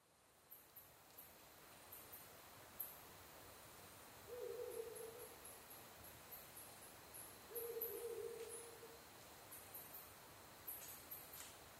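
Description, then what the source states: Ural Owl giving two low, drawn-out hoots about three seconds apart, over a steady hiss with repeated high, dry ticking throughout. Recorded 23 October 2011 at 17:20.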